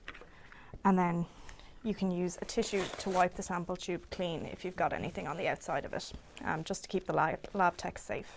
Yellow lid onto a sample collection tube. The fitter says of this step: so what you do is you once you've filled it up to the line you pushed the yellow lid down until it clicks